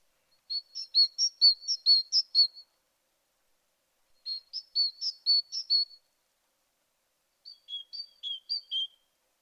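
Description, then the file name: Great tit giving three bursts of quick, high chirps with pauses between them, no other sounds. "Parus major"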